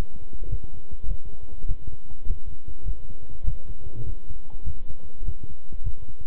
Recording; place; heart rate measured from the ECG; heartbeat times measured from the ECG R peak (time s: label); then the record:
heart sounds by stethoscope; between the tricuspid and mitral areas; 101 bpm
0.48 s: heartbeat
1.06 s: heartbeat
1.66 s: heartbeat
2.25 s: heartbeat
2.83 s: heartbeat
3.43 s: heartbeat
4.03 s: heartbeat
4.63 s: heartbeat
5.23 s: heartbeat
5.82 s: heartbeat
From the record:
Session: walking at 3.7 km/h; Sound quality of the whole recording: good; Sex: male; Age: 26 years